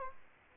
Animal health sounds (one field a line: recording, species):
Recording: mosquito wingbeat signal from an infrared sensor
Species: Aedes aegypti